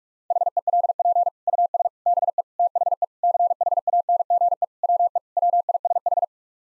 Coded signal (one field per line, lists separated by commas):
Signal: Morse code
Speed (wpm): 44 wpm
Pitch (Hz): 700 Hz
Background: none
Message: HELP US BE THE CHANGE WE WISH